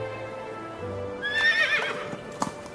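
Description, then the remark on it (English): Horse hooves clip-clop in a loose, uneven rhythm, with a few sharper knocks near the end. A horse whinnies briefly partway through, high and wavering. No one speaks. “I'd appreciate a chance at your pump for myself and the horse.”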